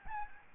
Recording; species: mosquito wingbeat signal from an infrared sensor; Aedes albopictus